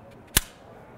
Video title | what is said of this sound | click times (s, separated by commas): Drake Associates Athena Rifle System - SHOT Show 2020 | like this straight down and will lock into place okay | 0.4 s